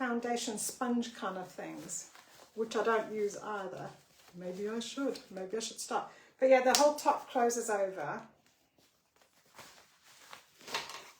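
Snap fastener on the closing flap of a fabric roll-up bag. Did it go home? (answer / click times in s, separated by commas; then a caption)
yes / 10.8 s. Someone talks, then folds the top flap of a fabric roll-up wash bag over and presses its snap fastener closed to keep the contents from falling out. A few soft handling sounds come after the speech, followed by a sharp snap at 10.8 s as the fastener seats in place.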